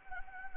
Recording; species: mosquito wingbeat signal from an infrared sensor; Anopheles gambiae